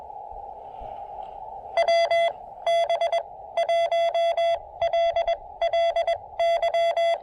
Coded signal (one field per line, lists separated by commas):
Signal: Morse code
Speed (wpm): 21 wpm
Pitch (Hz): 680 Hz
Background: none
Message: WB1LLY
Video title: A speedy QRP park activation with the Elecraft KX2 and AX1 at the BRP Folk Art Center!